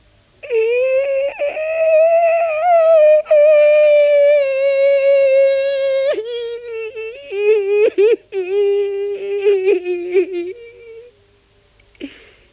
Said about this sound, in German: Sein Gesicht fängt an zu zucken, Augen, Nase, Lippen und Kiefer zittern. Wasser läuft aus den Augen. Der Atem wird schneller. Aus dem Mund kommt ihm ein langer Klageweibton.